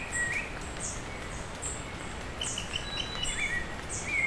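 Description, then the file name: Bird calling with quick chirps and high thin notes, some notes closely grouped, against a continuous patter of rain. Bird calling with rain falling on leaves. "Hi-Fi Nature Sounds - Beautiful Bird Call with Rain on Leaves"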